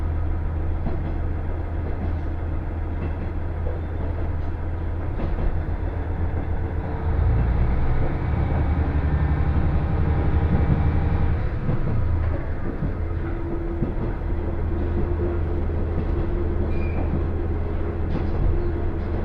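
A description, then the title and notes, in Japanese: Steady, dense rumble and low hum inside a local train running along the line, swelling louder between about seven and twelve seconds. 山田線普通 区界→陸中川井。ひたすら下り坂となり、駅間も長い区間が連続します。集落をみることのほうが珍しい区間を閉伊川に沿いながら走っていきます。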